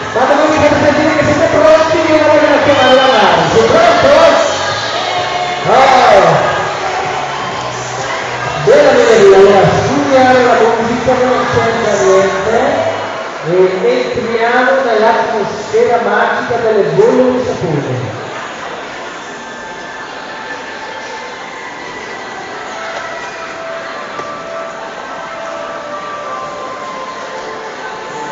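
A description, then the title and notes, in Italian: Commotion at a soap bubble workshop in a shopping centre: several excited voices, children's and adults', talk and call out over each other for the first eighteen seconds. Then the voices drop away, leaving a steady low murmur of the mall for the rest. Casino durante un laboratorio di bolle di sapone e di alienazione, in un centro commerciale.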